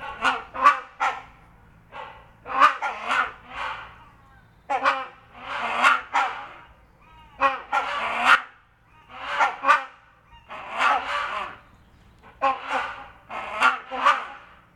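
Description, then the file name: Hornbills give loud, harsh honking barks in quick clusters of two to four, repeated throughout with short pauses. Great and rhinoceros hornbills recorded together. "Great And Rhino Hornbill"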